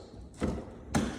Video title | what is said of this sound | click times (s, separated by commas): MI Homes Homeowner Orientation Meeting | and you'll hear it click a couple times. | 0.4 s, 1.0 s